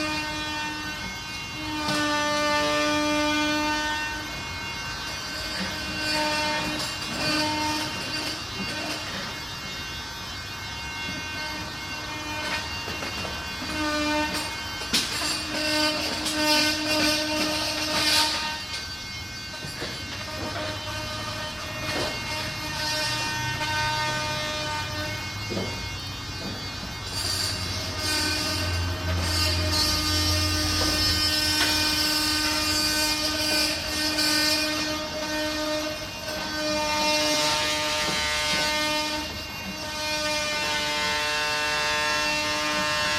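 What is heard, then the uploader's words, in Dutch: Restoration work on an old school building: a loud, steady mechanical whine with ringing, screechy overtones runs the whole time, like a grinder or saw at work. Harsher scraping bursts flare up around 15–18 and 27–33 seconds, with a low rumble near 30. Restauratiewerkzaamheden aan de 3e Hogere Burger School aan de Mauritskade in Amsterdam. Restoration work on the 3rd Hogere Burger School (old name for secondary school) at the Mauritskade, Amsterdam.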